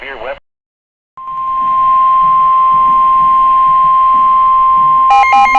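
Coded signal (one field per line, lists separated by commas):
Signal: Emergency Alert System (SAME) tones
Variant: 1050 Hz attention tone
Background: speech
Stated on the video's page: Real EAS alerts filmed on a digital camera.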